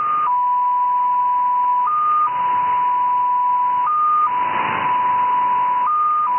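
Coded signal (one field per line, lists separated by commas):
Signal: numbers station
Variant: XPA2, 7.5 baud MFSK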